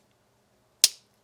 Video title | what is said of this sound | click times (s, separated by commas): Most 3D printed fidget toys have one fatal flaw and we're going to fix it! | That's got some good snap to it. | 0.8 s